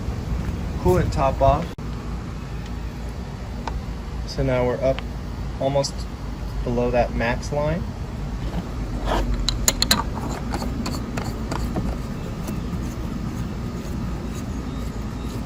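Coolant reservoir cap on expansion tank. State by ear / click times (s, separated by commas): torque reached / 9.5 s, 9.7 s, 9.8 s, 9.9 s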